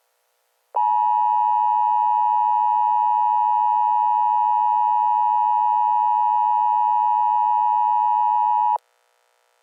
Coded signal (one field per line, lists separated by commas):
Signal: Emergency Alert System (SAME) tones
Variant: 853 and 960 Hz attention tone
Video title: EAS Scenario - Malevolence